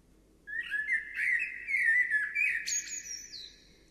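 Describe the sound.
Bird song: an unbroken stream of varied warbling and chirping notes, mixed with sharp high ticks, finishing on a thin drawn-out whistle.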